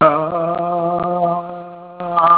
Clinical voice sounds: sustained vowel /a/ by telephone; male; 70 to 79 years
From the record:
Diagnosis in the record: Parkinson's disease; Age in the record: 72 years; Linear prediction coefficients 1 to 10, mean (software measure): 1.72, -1.05, -0.07, 0.05, 0.20, 0.00, -0.17, -0.15, 0.25, -0.06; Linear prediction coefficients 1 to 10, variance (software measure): 0.062, 0.085, 0.070, 0.049, 0.026, 0.031, 0.017, 0.020, 0.041, 0.011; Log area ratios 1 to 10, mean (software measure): -2.36, 2.86, -0.65, -0.02, 0.37, 0.41, 0.01, -0.33, -0.27, 0.11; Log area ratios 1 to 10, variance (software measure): 0.154, 0.338, 0.195, 0.081, 0.086, 0.062, 0.107, 0.073, 0.051, 0.046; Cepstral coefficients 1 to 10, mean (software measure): 1.72, 0.46, -0.14, -0.38, -0.25, 0.00, 0.06, -0.10, -0.07, -0.04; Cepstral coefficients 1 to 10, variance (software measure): 0.062, 0.064, 0.031, 0.014, 0.005, 0.007, 0.008, 0.010, 0.004, 0.004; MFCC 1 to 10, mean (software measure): -5.92, 1.95, -0.75, -0.79, 0.15, -0.13, -0.59, 0.72, 0.82, -0.29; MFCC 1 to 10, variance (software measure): 2.336, 0.164, 0.212, 0.124, 0.216, 0.138, 0.169, 0.070, 0.049, 0.054

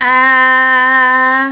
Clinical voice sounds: sustained vowel /a/ by telephone; female; 40 to 49 years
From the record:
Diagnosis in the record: Parkinson's disease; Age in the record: 43 years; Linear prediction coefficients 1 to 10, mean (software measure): 1.17, -1.33, 0.61, -0.33, 0.17, -0.48, 0.51, -0.22, 0.15, -0.06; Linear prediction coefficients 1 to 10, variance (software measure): 0.043, 0.048, 0.073, 0.100, 0.106, 0.099, 0.057, 0.039, 0.014, 0.006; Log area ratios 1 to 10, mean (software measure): -0.83, 2.11, -1.04, 1.21, 0.62, 0.03, -0.62, 0.13, -0.12, 0.13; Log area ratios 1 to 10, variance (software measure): 0.066, 0.061, 0.051, 0.162, 0.066, 0.182, 0.066, 0.047, 0.056, 0.025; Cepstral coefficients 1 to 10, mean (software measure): 1.17, -0.62, -0.40, -0.07, 0.19, -0.23, -0.01, 0.25, 0.20, -0.03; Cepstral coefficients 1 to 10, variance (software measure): 0.043, 0.027, 0.008, 0.016, 0.010, 0.006, 0.006, 0.006, 0.002, 0.002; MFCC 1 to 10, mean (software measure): -2.43, 0.48, -1.41, 0.73, -0.30, 0.28, 0.31, -1.37, -0.12, 0.98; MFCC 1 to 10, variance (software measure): 0.174, 0.067, 0.029, 0.051, 0.035, 0.050, 0.026, 0.019, 0.023, 0.101

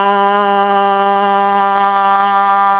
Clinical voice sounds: sustained vowel /a/ by telephone; female; 60 to 69 years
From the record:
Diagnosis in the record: Parkinson's disease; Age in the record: 66 years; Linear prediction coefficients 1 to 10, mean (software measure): 1.53, -1.25, 0.40, -0.48, 0.66, -0.76, 0.36, -0.07, -0.06, 0.01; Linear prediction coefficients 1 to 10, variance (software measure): 0.025, 0.060, 0.123, 0.166, 0.208, 0.075, 0.060, 0.055, 0.015, 0.007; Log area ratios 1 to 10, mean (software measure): -1.91, 2.49, -0.16, 0.24, 0.04, 0.71, -0.37, 0.32, 0.09, -0.03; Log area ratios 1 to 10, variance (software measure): 0.019, 0.115, 0.057, 0.017, 0.159, 0.053, 0.096, 0.063, 0.041, 0.028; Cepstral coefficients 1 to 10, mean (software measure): 1.53, -0.07, -0.31, -0.61, -0.03, -0.13, -0.08, 0.13, 0.03, 0.05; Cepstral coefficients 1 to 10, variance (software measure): 0.025, 0.013, 0.065, 0.006, 0.005, 0.009, 0.023, 0.002, 0.002, 0.002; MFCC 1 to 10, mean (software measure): -2.47, 1.06, -1.38, -0.69, 0.23, 0.13, 0.18, -0.05, -0.42, -0.38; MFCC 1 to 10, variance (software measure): 0.108, 0.026, 0.161, 0.022, 0.064, 0.044, 0.096, 0.048, 0.140, 0.030

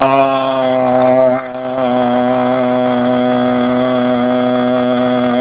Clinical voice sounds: sustained vowel /a/ by telephone; male; 60 to 69 years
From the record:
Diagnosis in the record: Parkinson's disease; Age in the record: 64 years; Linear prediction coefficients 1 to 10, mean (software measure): 1.58, -0.85, 0.13, -0.15, 0.30, -0.52, 0.62, -0.57, 0.34, -0.07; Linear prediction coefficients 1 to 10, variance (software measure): 0.027, 0.081, 0.058, 0.068, 0.085, 0.129, 0.111, 0.063, 0.041, 0.008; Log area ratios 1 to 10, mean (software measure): -2.72, 1.77, 0.27, 0.06, -0.10, 0.32, -0.43, 0.38, -0.45, 0.15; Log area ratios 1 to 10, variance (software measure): 0.071, 0.265, 0.112, 0.100, 0.063, 0.108, 0.183, 0.050, 0.051, 0.035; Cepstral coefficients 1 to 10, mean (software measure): 1.58, 0.40, 0.09, -0.16, 0.04, -0.31, 0.06, -0.17, -0.06, 0.05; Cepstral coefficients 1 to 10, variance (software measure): 0.027, 0.017, 0.012, 0.029, 0.038, 0.015, 0.009, 0.006, 0.003, 0.003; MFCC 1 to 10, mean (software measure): -3.35, 1.48, -0.13, -0.23, -0.18, -0.50, 0.01, 0.31, 0.36, -0.28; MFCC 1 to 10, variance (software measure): 0.335, 0.040, 0.090, 0.136, 0.185, 0.188, 0.095, 0.045, 0.089, 0.058

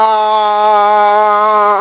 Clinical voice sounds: sustained vowel /a/ by telephone; female; 70 to 79 years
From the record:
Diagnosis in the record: Parkinson's disease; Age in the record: 73 years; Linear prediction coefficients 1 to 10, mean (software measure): 1.38, -0.79, -0.27, 0.19, -0.12, -0.14, 0.29, -0.57, 0.40, -0.18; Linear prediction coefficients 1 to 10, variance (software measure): 0.055, 0.234, 0.149, 0.020, 0.068, 0.044, 0.062, 0.065, 0.040, 0.009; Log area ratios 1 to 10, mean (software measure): -1.94, 2.59, 0.30, -0.07, 0.23, 0.47, 0.11, 0.48, -0.32, 0.36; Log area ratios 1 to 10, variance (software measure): 0.017, 0.178, 0.661, 0.055, 0.114, 0.104, 0.072, 0.064, 0.048, 0.041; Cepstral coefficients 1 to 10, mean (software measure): 1.38, 0.18, -0.52, -0.46, -0.34, -0.27, 0.19, -0.11, 0.12, 0.00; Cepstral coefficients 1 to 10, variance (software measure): 0.055, 0.031, 0.005, 0.010, 0.007, 0.015, 0.011, 0.008, 0.013, 0.004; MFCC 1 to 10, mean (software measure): -2.69, 1.10, -1.51, -1.40, -0.11, -0.17, -0.12, -0.12, 0.11, -0.17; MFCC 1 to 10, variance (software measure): 0.108, 0.023, 0.086, 0.194, 0.079, 0.077, 0.246, 0.051, 0.052, 0.078

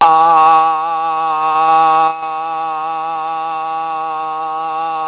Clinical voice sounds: sustained vowel /a/ by telephone; male; 60 to 69 years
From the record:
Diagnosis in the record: Parkinson's disease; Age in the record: 61 years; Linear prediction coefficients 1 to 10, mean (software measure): 1.10, -0.49, -0.30, -0.41, 0.21, 0.22, -0.42, -0.29, 0.34, -0.14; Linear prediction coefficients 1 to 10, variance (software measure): 0.012, 0.020, 0.018, 0.010, 0.015, 0.009, 0.009, 0.016, 0.020, 0.004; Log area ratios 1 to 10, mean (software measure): -1.86, 2.72, 0.26, 0.23, -0.09, 0.81, 1.12, 0.06, -0.39, 0.29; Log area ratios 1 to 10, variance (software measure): 0.003, 0.080, 0.046, 0.053, 0.046, 0.034, 0.043, 0.036, 0.040, 0.019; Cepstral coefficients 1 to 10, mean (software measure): 1.10, 0.12, -0.40, -0.84, -0.52, 0.11, 0.12, -0.02, 0.22, -0.02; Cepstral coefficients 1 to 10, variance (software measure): 0.012, 0.010, 0.004, 0.004, 0.003, 0.002, 0.003, 0.004, 0.002, 0.002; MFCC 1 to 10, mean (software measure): -4.79, 0.84, -1.55, -1.55, 0.34, 0.59, -0.92, 0.44, -0.39, -0.24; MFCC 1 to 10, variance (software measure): 0.836, 0.012, 0.016, 0.016, 0.021, 0.021, 0.029, 0.022, 0.013, 0.022

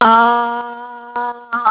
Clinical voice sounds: sustained vowel /a/ by telephone; female; 70 to 79 years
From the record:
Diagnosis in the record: Parkinson's disease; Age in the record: 72 years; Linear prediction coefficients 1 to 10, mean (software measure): 1.54, -0.97, -0.27, 0.16, 0.57, -0.77, 0.17, 0.07, 0.08, -0.15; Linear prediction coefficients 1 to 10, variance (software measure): 0.031, 0.048, 0.045, 0.060, 0.145, 0.124, 0.051, 0.024, 0.022, 0.010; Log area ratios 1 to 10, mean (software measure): -1.76, 2.75, -0.49, -0.07, 0.47, 0.52, -0.70, 0.10, 0.34, 0.31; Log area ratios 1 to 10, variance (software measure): 0.041, 0.163, 0.089, 0.058, 0.069, 0.152, 0.133, 0.081, 0.059, 0.042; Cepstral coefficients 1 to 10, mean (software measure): 1.54, 0.23, -0.52, -0.65, 0.08, 0.00, 0.04, -0.06, -0.05, 0.06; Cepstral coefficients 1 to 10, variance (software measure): 0.031, 0.025, 0.017, 0.016, 0.017, 0.013, 0.010, 0.006, 0.005, 0.005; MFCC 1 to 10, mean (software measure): -5.76, 1.37, -1.35, -0.79, 0.73, -0.46, 0.03, 0.04, -0.59, -0.37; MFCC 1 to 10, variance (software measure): 5.102, 0.051, 0.106, 0.088, 0.145, 0.059, 0.040, 0.063, 0.120, 0.130

